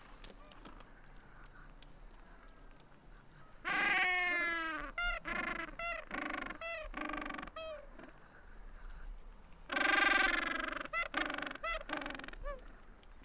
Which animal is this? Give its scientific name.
Pygoscelis papua